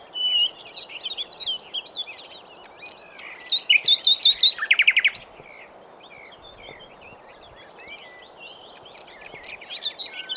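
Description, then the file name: Common nightingale song: a short opening phrase and softer varied notes, then a loud burst of fast repeated notes, followed by softer varied notes. "Luscinia megarhynchos"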